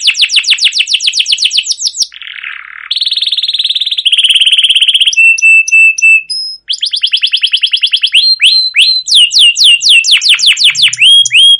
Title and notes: CUIT CUIT NGEROL LANGSUNG GACOR PANJANG Kenari Ini AMPUH Utk Pancingan KENARI PAUD BELAJAR BUNYI. burung kenari